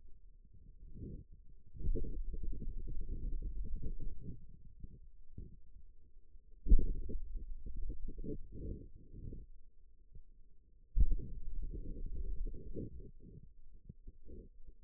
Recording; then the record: forearm muscle sounds (acoustic myography)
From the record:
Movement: pen grasping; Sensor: system 2, bracelet of six BSWA MPA416 microphones around the upper forearm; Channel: 4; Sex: male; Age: 22 years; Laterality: right